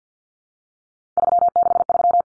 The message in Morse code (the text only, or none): 363